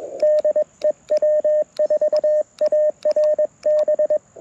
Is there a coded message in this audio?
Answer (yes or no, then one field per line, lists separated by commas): yes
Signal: Morse code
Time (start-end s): 0.2-4.2 s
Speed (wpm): 21 wpm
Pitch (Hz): 590 Hz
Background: radio noise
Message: DE W4ARB